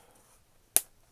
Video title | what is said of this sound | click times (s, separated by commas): Air Jordan 6 x Travis Scott Olive Real Vs Fake Pt. 3 | also you want to hear that snap that pop | 0.8 s